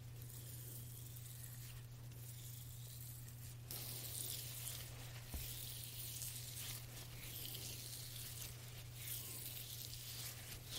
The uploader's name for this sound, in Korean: 말없이 부드러운 손 마사지 소리